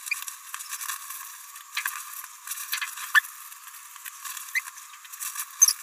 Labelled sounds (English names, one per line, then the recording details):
Green-rumped Parrotlet babbling
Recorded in a nest box in Venezuela
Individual 18B17A4